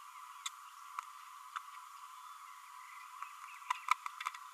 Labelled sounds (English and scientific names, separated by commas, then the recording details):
Green-rumped Parrotlet (Forpus passerinus) babbling
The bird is a female
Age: 32 days
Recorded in a nest box in Venezuela
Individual 17B32A7